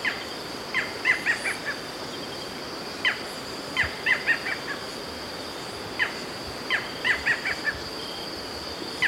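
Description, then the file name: Barred Forest Falcon gives clusters of quick, sharp barking notes, each cluster a few seconds apart, while a constant high-pitched insect hum continues behind. "Micrastur ruficollis - Barred Forest Falcon"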